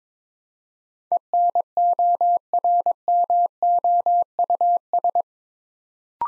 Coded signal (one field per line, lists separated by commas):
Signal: Morse code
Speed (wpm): 22 wpm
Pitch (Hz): 700 Hz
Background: none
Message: ENORMOUS